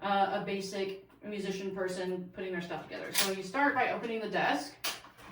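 A person talks while starting to open the desk panel of a portable folding music stand, with faint handling sounds under the voice. Nothing has seated or clicked yet.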